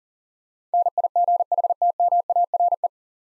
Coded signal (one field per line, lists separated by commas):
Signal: Morse code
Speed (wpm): 40 wpm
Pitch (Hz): 700 Hz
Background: none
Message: NIGHTMARE